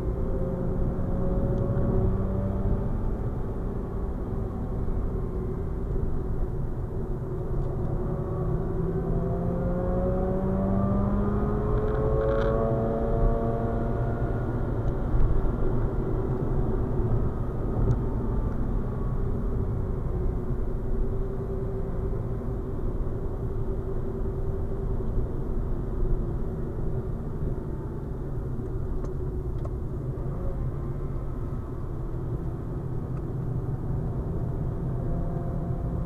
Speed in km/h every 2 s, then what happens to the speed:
86, 81, 73, 71, 84, 98, 102, 96, 86, 76, 76, 75, 72, 61, 57, 54, 53, 56.
0-6 slows to 71. 6-12 speeds up to 102. 12-18 brakes to 76. 18-23 steady at about 76. 23-32 slows to 53.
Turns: 4-12, 29-36.